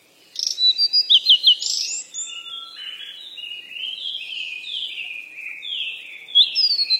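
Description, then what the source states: Birds singing: a few sharp repeated notes lead into continuous warbling twitter, ending with another rapid burst of chirps. Birds at play.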